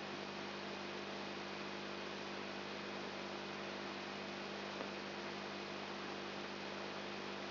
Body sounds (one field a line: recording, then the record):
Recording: brain microelectrode recording played as sound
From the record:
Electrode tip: outside the subthalamic nucleus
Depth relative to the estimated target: 2 mm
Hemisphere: left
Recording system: AlphaMap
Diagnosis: Parkinson's disease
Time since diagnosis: 7 years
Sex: female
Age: 55 years